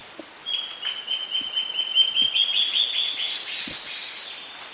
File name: Guianan warbling antbird